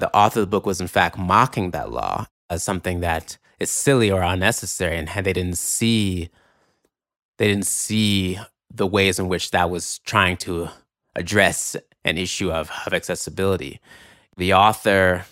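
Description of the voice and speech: Adult male speaker who stutters, with a glottal block: trouble with the first consonant in certain words, sometimes heard as silence. Speech runs at a natural pace with silent pauses and a repeated phrase.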